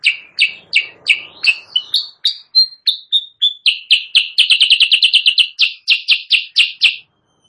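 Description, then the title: Sooty-headed bulbul: repeated chirps, a few downslurred whistles, then a rapid burst and evenly spaced notes ending in silence. Caged-bird training recording (masteran) used as a lure sound; bird described as actively singing (gacor). "Masteran Kutilang Sutra. suara pikat kutilang sutra kutilang sutra gacor"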